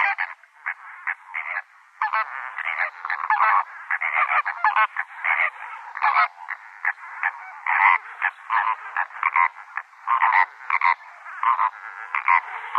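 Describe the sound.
Lesser flamingo flock calling: a dense, busy chatter of short nasal honks and gabbling notes, overlapping almost without pause, with brief lulls near the start.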